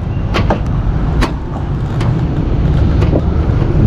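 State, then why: Not seated. Someone repeatedly pushes a latch on a vehicle door or tailgate, producing sharp knocks at about 0.5, 1.2, 2.0 and 3.2 seconds over a steady low rumble. The latch fails to lock, and nothing has seated or clicked yet.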